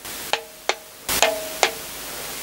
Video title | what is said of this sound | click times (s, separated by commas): XUD9 Citroen ZX 1.9 diesel Engine Head Install (Part 2) | that is all them now done and the reason I say you don't want to once it clicks you don't wanna go any further | 0.3 s, 0.7 s, 1.2 s, 1.6 s